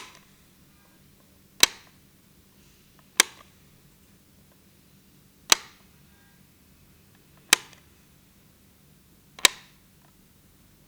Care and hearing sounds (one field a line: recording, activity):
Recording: daily activity, guitar pickup as the sensor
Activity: operate light